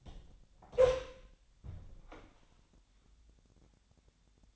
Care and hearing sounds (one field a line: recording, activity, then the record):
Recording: daily activity, microphone in the room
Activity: open door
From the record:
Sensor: 3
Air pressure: 1007.1 hPa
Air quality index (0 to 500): 204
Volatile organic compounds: 18 ppm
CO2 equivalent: 2618 ppm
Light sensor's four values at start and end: 12/28/12/12 and 12/28/12/12